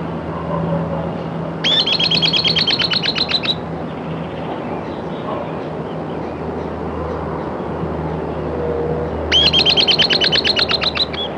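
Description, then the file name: Bird song: two rapid high trills, each about two seconds long and roughly eight seconds apart, over constant low rumbling background noise. "SABIOD"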